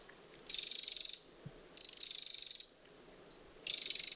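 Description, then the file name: Eurasian wren call: fast, pulsed, high-pitched rattles, most up to a second long, separated by short silences. "Troglodytes troglodytes"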